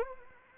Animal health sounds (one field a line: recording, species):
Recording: mosquito wingbeat signal from an infrared sensor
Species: Anopheles arabiensis